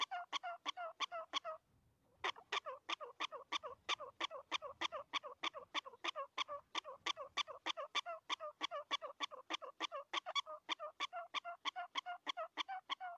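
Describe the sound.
Prairie dog barking in a fast, regular run of clipped, harmonic chirps, about three each second, with a short gap after the first second and a half.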